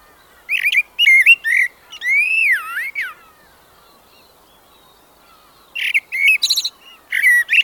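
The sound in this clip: Blackbird song: warbled fluty notes and a long sweeping whistle that rises and falls, a pause, then another phrase of warbles and high twitters.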